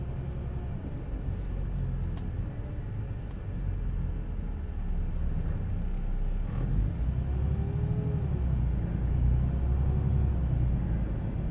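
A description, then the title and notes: A bus ride heard from inside, with a steady, heavy low rumble of the engine and road filling the whole clip. Faint rising and falling whines come and go as the bus changes speed, and the rumble grows slightly louder after about six seconds. I take the bus to work a lot, and this is a part of that short journey.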